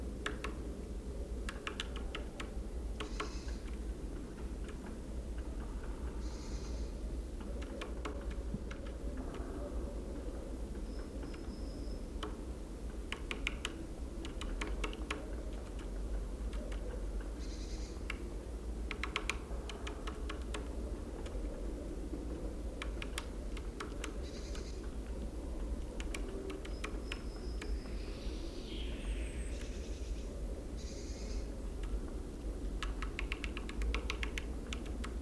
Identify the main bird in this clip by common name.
Great Spotted Woodpecker